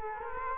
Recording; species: mosquito wingbeat signal from an infrared sensor; Culex quinquefasciatus